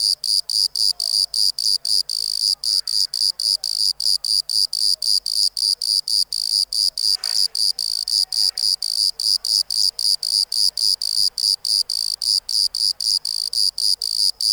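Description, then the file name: Bordeaux cricket song, a high chirp repeated rapidly and regularly, about four a second. "Modicogryllus bordigalensis"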